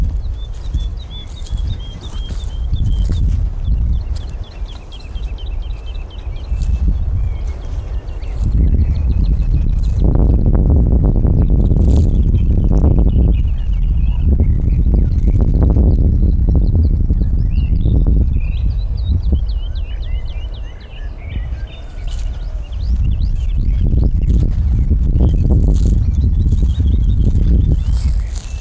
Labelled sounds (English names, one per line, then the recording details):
Wood Lark song
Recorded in the wild
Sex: male
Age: adult
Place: Gosener Berge, Berlin, DE
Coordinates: 52.3842, 13.6947
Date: 1990-04-13 19:04
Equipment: Riporter 6 RG-K, Halbspur, Sennheiser MKH 416 T
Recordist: Frommolt, Karl-Heinz